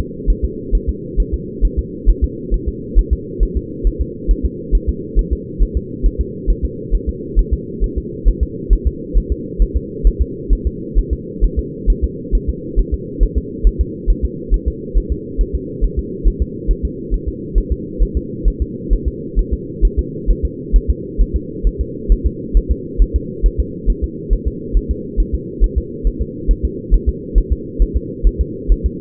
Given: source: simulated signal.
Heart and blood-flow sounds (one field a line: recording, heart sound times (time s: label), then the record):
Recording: fetal heart sounds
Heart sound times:
0.30 s: S1
0.44 s: S2
0.75 s: S1
0.89 s: S2
1.20 s: S1
1.34 s: S2
1.65 s: S1
1.79 s: S2
2.10 s: S1
2.24 s: S2
2.54 s: S1
2.69 s: S2
2.99 s: S1
3.13 s: S2
3.43 s: S1
3.57 s: S2
3.87 s: S1
4.01 s: S2
4.31 s: S1
4.46 s: S2
4.75 s: S1
4.89 s: S2
5.19 s: S1
5.33 s: S2
5.63 s: S1
5.77 s: S2
6.06 s: S1
6.21 s: S2
6.50 s: S1
6.65 s: S2
6.95 s: S1
7.09 s: S2
7.39 s: S1
7.53 s: S2
7.84 s: S1
7.98 s: S2
8.28 s: S1
8.43 s: S2
8.73 s: S1
8.87 s: S2
9.18 s: S1
9.32 s: S2
9.62 s: S1
9.77 s: S2
10.07 s: S1
10.22 s: S2
10.53 s: S1
10.67 s: S2
10.99 s: S1
11.13 s: S2
11.44 s: S1
11.59 s: S2
11.90 s: S1
12.04 s: S2
12.35 s: S1
12.49 s: S2
12.79 s: S1
12.94 s: S2
13.23 s: S1
13.38 s: S2
13.67 s: S1
13.81 s: S2
14.10 s: S1
14.25 s: S2
14.54 s: S1
14.68 s: S2
14.97 s: S1
15.12 s: S2
15.41 s: S1
15.55 s: S2
15.84 s: S1
15.99 s: S2
16.28 s: S1
16.42 s: S2
16.71 s: S1
16.85 s: S2
17.14 s: S1
17.28 s: S2
17.58 s: S1
17.72 s: S2
18.03 s: S1
18.17 s: S2
18.48 s: S1
18.62 s: S2
18.93 s: S1
19.08 s: S2
19.39 s: S1
19.53 s: S2
19.85 s: S1
19.99 s: S2
20.31 s: S1
20.45 s: S2
20.76 s: S1
20.90 s: S2
21.22 s: S1
21.36 s: S2
21.67 s: S1
21.81 s: S2
22.12 s: S1
22.26 s: S2
22.57 s: S1
22.71 s: S2
23.02 s: S1
23.16 s: S2
23.46 s: S1
23.60 s: S2
23.90 s: S1
24.04 s: S2
24.33 s: S1
24.48 s: S2
24.77 s: S1
24.91 s: S2
25.20 s: S1
25.34 s: S2
25.64 s: S1
25.78 s: S2
26.07 s: S1
26.22 s: S2
26.51 s: S1
26.65 s: S2
26.94 s: S1
27.09 s: S2
27.38 s: S1
27.52 s: S2
27.82 s: S1
27.97 s: S2
28.27 s: S1
28.41 s: S2
28.72 s: S1
28.86 s: S2
From the record:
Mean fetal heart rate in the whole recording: 135 bpm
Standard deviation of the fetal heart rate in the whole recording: 3 bpm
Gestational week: 36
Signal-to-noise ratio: -4.1 dB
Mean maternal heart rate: no maternal heart sound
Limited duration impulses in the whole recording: absent